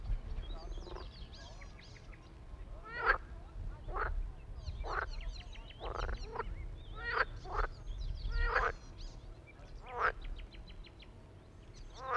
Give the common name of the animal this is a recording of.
Edible Frog